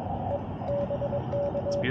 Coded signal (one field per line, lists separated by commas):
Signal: Morse code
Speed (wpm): 22 wpm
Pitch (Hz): 570 Hz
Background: speech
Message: E BK